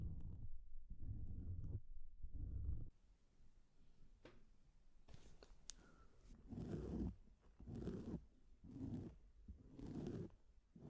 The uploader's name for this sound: ASMR Doing Your Makeup , Pure Sounds , No Talking